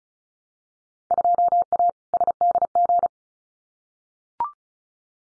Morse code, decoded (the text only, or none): 2A SDG